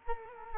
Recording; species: mosquito wingbeat signal from an infrared sensor; Culex quinquefasciatus